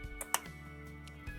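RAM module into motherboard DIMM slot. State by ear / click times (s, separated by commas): seated / 0.3 s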